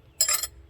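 The bead of a 10-inch rubber tire on a 50cc PW junior/senior pit bike breaks free from its metal rim on the second, rotor side as someone pushes down hard on it. After a quiet low hum, a loud, sharp, bright hit lands at 0.2 s and rings for about a quarter second before fading. The bead is released.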